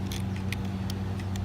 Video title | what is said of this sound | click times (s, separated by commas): I ❤️ Toys! Episode 23 (Transformers: The Last Knight Autobot Hot Rod and Cogman) | we got these back pieces here that we got just snap into place. | 0.5 s